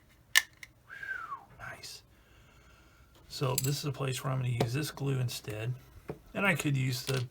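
A plastic part of a Tamiya 1/35 scale Panzer 38(t) tank model kit is pressed into its mating location and snaps into place with a sharp, loud click at 0.4 s, followed by a few faint small ticks. After a quiet stretch, someone talks. The part is seated.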